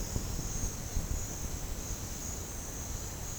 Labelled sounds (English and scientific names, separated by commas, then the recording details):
none
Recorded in pastures near Puerto Asís, Putumayo, Colombia, on 25 June 2025 at 10:00
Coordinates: 0.496, -76.326
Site GP01